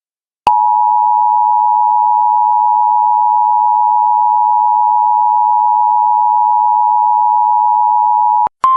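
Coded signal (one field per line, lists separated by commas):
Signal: Emergency Alert System (SAME) tones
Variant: 853 and 960 Hz attention tone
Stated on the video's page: Real US alerts: severe thunderstorm, tornado and flash flood emergency warnings plus required monthly and weekly tests.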